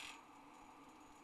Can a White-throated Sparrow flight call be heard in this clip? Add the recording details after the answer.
no. No flight call is heard. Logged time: 23:40 on 29 November 2014